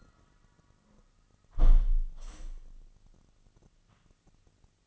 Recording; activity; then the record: daily activity, microphone in the room; close window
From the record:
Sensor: 4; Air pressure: 1005.5 hPa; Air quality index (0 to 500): 94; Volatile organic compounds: 2 ppm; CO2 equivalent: 1159 ppm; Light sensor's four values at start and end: 13/29/11/11 and 13/29/11/11